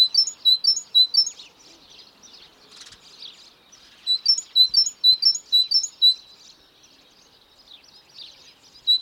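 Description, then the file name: Great tit song in two bursts of bright, squeaky two-note phrases, quick and rhythmic, split by a quieter pause with soft twittering and a brief rustle. "Parus major"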